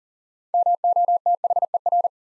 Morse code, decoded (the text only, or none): MOTHER